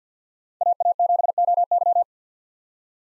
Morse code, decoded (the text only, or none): AA7OY